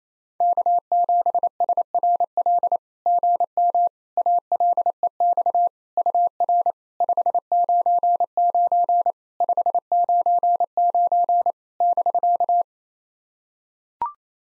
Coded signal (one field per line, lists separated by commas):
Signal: Morse code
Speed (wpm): 28 wpm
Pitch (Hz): 700 Hz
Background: none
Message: K7SRL GM ALEX UR 599 599 <BK>